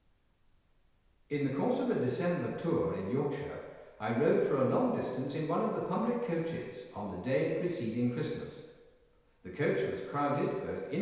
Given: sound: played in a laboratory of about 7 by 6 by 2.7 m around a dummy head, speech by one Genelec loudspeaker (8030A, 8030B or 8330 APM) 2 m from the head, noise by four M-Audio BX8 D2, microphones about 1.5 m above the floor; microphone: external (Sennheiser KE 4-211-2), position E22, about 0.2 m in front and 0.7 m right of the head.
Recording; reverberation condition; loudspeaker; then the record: male speech in English; high; 30 degrees to the left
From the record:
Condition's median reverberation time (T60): about 1300 ms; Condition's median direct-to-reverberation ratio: about -4.0 dB